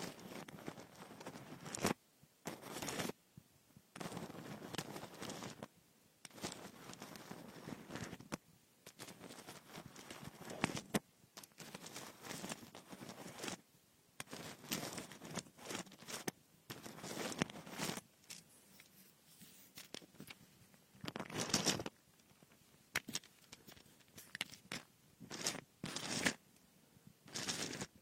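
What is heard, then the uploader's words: Frosted bath ball ear picking: crackly, crumbly scratching comes in bursts of a second or two, separated by short silences throughout. The gritty rubbing fills the sound from low to bright, with sharper scraping flares near 3, 21 and 27 seconds. Frosted Bath Ball Ear Picking Experience.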